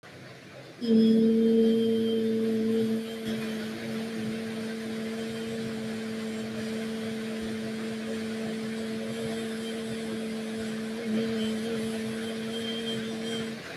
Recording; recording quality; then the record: sustained vowel as in beet; excellent, no background noise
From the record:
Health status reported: healthy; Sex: female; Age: 22 years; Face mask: not worn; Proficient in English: yes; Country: India